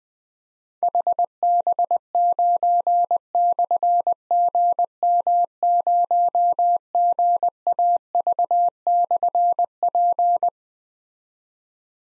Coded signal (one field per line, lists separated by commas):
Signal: Morse code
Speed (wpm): 20 wpm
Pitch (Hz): 700 Hz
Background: none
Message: HB9/GM0GAV/P